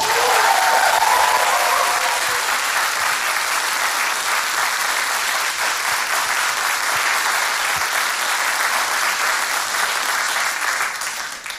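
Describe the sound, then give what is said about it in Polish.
Steady, loud applause from a studio audience in the Agnieszka Osiecka studio of Polish Radio Program Three on Myśliwiecka street, for guest Remigiusz Mróz; dense rapid clapping that holds evenly for about eleven seconds before tapering slightly at the end, with a brief murmur of voices at the start. “Te oklaski trochę niezasłużone były, ale bardzo dziękuję.”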